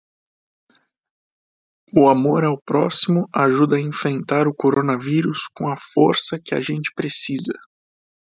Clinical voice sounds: spoken sentence; Brazilian Portuguese; male; 18 to 19 years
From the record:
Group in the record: control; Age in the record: 18 years

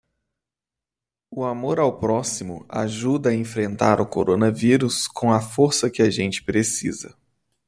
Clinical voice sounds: spoken sentence; Brazilian Portuguese; male; 30 to 39 years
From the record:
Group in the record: control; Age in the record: 32 years

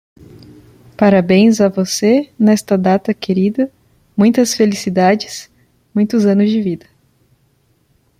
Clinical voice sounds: short text; Brazilian Portuguese; female; 20 to 29 years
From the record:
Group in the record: control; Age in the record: 26 years

